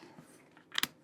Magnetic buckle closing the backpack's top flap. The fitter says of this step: going to close, snap it in there. I don't really have to aim for anything. It just snaps closed.